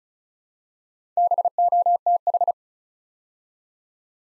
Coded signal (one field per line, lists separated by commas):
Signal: Morse code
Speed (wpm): 36 wpm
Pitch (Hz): 700 Hz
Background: none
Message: BOTH